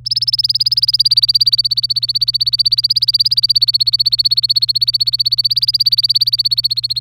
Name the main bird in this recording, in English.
Domestic Canary